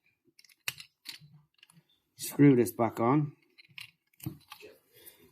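The head of an Andobil MagSafe magnetic car phone holder is popped into its car vent mount, giving a sharp snap at 0.7 s as it seats, followed by smaller handling clicks. Someone talks through the middle of the clip.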